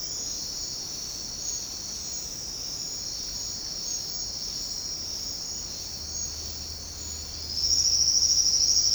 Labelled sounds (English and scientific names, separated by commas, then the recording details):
none
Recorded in secondary vegetation near Puerto Asís, Putumayo, Colombia, on 9 March 2025 at 07:30
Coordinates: 0.484, -76.319
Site G010